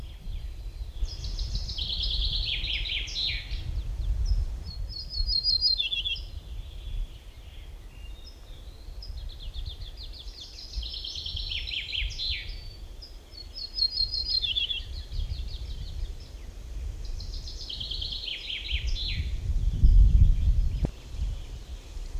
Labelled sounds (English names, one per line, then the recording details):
Ortolan Bunting song
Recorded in the wild
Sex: male
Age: adult
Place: Lemgow, OT Puttball, Wendland, Niedersachsen, DE
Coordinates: 52.9244, 11.2839
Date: 1969-05-25
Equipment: Uher 4000 Report-S, Bändchenmikro Beyer M 260, Parabolspiegel Polyester (470 mm)
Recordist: Conrads, Klaus
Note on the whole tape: Bei Puttball. Gesang